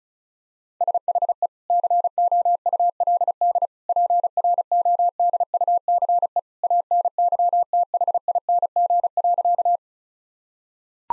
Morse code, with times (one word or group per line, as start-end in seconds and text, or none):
0.8-1.5 SHE
1.7-3.7 COULD
3.9-6.4 PRODUCE
6.6-9.8 ANYTHING.